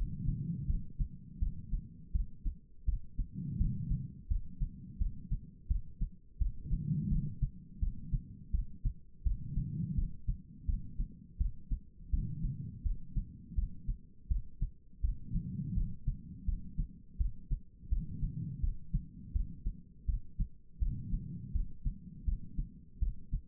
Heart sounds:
heart sounds by stethoscope; 83 bpm
0.67 s: heartbeat
1.40 s: heartbeat
2.13 s: heartbeat
2.86 s: heartbeat
3.58 s: heartbeat
4.28 s: heartbeat
4.99 s: heartbeat
5.68 s: heartbeat
6.39 s: heartbeat
7.09 s: heartbeat
7.80 s: heartbeat
8.52 s: heartbeat
9.24 s: heartbeat
9.95 s: heartbeat
10.66 s: heartbeat
11.38 s: heartbeat
12.11 s: heartbeat
12.83 s: heartbeat
13.55 s: heartbeat
14.28 s: heartbeat
15.01 s: heartbeat
15.74 s: heartbeat
16.46 s: heartbeat
17.18 s: heartbeat
17.90 s: heartbeat
18.61 s: heartbeat
19.33 s: heartbeat
20.06 s: heartbeat
20.79 s: heartbeat
21.53 s: heartbeat
22.25 s: heartbeat
23.00 s: heartbeat
From the record:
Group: healthy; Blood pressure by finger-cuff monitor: 107/73 mmHg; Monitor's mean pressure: 86 mmHg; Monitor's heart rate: 83 bpm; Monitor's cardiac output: 4.9 L/min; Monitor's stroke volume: 60 mL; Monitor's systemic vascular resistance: 1270 dyn s/cm5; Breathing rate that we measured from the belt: 20 breaths a minute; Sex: female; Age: 51 years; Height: 162 cm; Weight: 70.04 kg

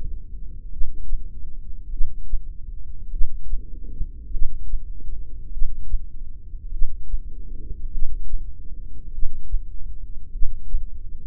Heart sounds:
heart sounds by microphone in the left ear; 50 bpm
0.73 s: heartbeat
1.93 s: heartbeat
3.13 s: heartbeat
4.33 s: heartbeat
5.53 s: heartbeat
6.73 s: heartbeat
7.94 s: heartbeat
9.14 s: heartbeat
10.34 s: heartbeat
From the record:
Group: heart failure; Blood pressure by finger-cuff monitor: 116/64 mmHg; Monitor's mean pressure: 81 mmHg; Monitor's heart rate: 50 bpm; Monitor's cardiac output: 4.6 L/min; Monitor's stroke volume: 93 mL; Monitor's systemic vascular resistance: 1290 dyn s/cm5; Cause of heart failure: cardiac sarcoid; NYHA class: 1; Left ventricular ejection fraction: 39%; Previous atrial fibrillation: present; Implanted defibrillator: present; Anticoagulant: apixaban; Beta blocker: carvedilol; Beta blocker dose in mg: 50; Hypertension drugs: ramipril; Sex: male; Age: 79 years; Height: 184 cm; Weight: 92.5 kg

